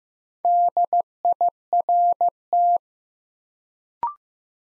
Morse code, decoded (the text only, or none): DIRT